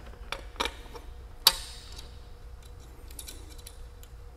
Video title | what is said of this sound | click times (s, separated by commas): Wireless Mesh Kit Assembly - Extending WIFI out into the jobsite | So here you're clicked into place, tighten your set screw, and | 1.5 s